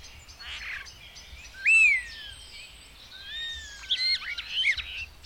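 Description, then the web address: Bird song: clear whistled notes, a loud sliding whistle early, then a busy burst of quick varied chirps and trills near the end, over faint low rumble. "madarak enek"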